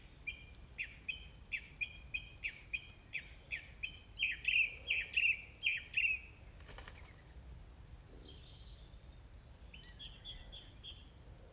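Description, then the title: Song thrush delivering one sharp note over and over, many times, growing louder, then pausing before a high, varied, twittering phrase. Recorded on 4 May 2021 at 20:35. "2021-05-04 20-35-13-Song-Thursh-4 th-May-2021"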